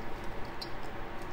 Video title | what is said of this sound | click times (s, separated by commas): How to Paint a Ceramic Tree | don't know if y'all heard that but it kind of clicked it just kind of clicks into play | 0.6 s